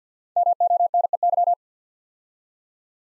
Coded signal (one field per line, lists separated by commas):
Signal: Morse code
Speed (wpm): 49 wpm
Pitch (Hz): 700 Hz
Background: none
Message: MONEY